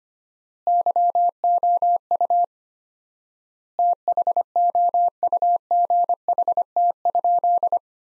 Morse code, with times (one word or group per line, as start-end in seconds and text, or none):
0.7-2.4 YOU
3.8-7.8 THOUGHT?